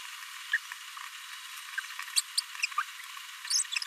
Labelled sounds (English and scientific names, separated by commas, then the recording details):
Green-rumped Parrotlet (Forpus passerinus) babbling
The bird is a male
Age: 26 days
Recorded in a nest box in Venezuela
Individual 17B42A3